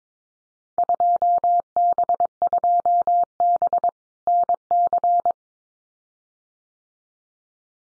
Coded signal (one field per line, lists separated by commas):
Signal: Morse code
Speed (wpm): 22 wpm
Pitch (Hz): 700 Hz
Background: none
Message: 2B2B NC